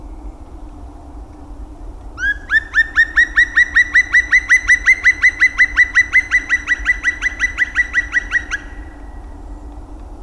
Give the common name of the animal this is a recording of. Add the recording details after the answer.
Black Woodpecker. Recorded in the wild. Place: Klein Süstedt, DE. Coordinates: 52.935, 10.4736. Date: 1970-03-23. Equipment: Uher Report 4200, AKG D190C in Doppel-Parabolreflektor. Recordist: Krey, Winfried. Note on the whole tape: Verschiedene Rufe